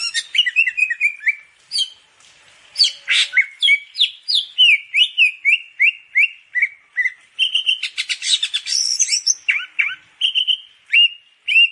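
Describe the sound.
Grey-cheeked Bulbul singing continuously, with runs of descending whistled notes and harsh buzzy rattles mixed in, delivered rapidly with only a short pause.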